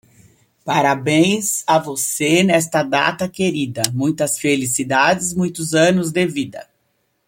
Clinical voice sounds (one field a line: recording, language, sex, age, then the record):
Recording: short text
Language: Brazilian Portuguese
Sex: female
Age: 60 to 69 years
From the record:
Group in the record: control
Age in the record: 63 years